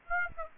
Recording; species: mosquito wingbeat signal from an infrared sensor; Aedes aegypti